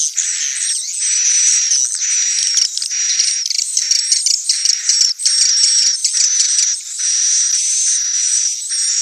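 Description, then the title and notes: Swiftlet calls: high, scratchy chattering chirps in uneven bursts over a steady piercing whistle, with a few short pauses. Sound used for swiftlet farming in Asia. "Swiflet Bird Sound. Farming Swiflet Bird asia sound"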